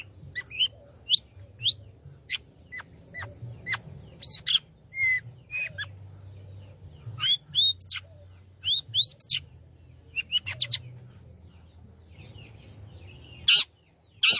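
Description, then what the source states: Long-tailed shrike song made of scattered sharp, high chips and short slurred notes with irregular pauses. It ends in a loud harsh burst. Singing lively, described as gacor.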